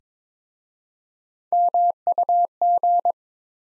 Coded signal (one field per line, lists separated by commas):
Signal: Morse code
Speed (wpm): 21 wpm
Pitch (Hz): 700 Hz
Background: none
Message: MUG